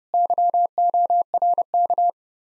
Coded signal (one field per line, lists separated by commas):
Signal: Morse code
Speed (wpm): 39 wpm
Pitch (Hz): 700 Hz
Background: none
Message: YORK